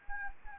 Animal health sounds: mosquito wingbeat signal from an infrared sensor; Anopheles gambiae

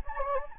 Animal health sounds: mosquito wingbeat signal from an infrared sensor; Anopheles gambiae

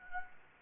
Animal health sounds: mosquito wingbeat signal from an infrared sensor; Anopheles gambiae

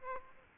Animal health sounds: mosquito wingbeat signal from an infrared sensor; Aedes aegypti

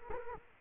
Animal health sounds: mosquito wingbeat signal from an infrared sensor; Culex quinquefasciatus

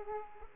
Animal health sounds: mosquito wingbeat signal from an infrared sensor; Aedes aegypti

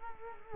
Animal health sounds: mosquito wingbeat signal from an infrared sensor; Culex quinquefasciatus

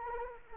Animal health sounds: mosquito wingbeat signal from an infrared sensor; Anopheles arabiensis

